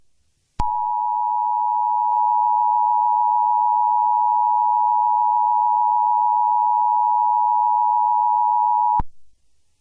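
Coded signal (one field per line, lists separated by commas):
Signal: Emergency Alert System (SAME) tones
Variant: 853 and 960 Hz attention tone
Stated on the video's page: Simulated EAS scenario, not a real alert.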